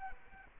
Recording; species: mosquito wingbeat signal from an infrared sensor; Aedes aegypti